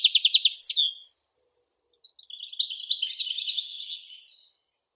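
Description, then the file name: European goldfinch song: a quick metallic trill, a pause, then a longer twittering, buzzy phrase that fades out. "Golosa ptic - CSHegol Carduelis carduelis"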